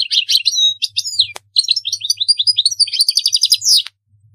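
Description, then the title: European goldfinch song: a continuous fast run of liquid twitters, buzzy trills and tinkling notes, briefly broken by a click before resuming. "Chant Chardonneret"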